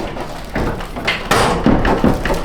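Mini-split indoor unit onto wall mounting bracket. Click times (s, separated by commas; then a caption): 1.3 s, 1.9 s, 2.3 s. A mini-split indoor unit is pushed down onto its wall mounting bracket, with a muffled bump around 0.6 s before the bottom clips snap in with sharp clicks at 1.3, 1.9 and 2.3 s. All of the clips seat, and the unit is secured on the bracket.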